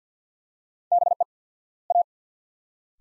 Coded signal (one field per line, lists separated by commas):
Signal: Morse code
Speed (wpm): 50 wpm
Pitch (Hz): 700 Hz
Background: none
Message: BE A